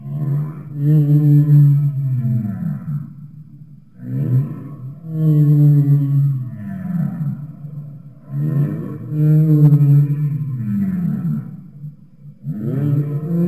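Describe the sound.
Humpback whale song: deep resonant moans with sweeping upward arcs, repeated in loud phrases about every four seconds.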